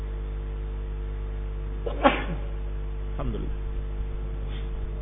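A single sharp sneeze bursts out over a steady low hum during an Islamic religious study lecture, followed by a softer second vocal burst and faint murmuring.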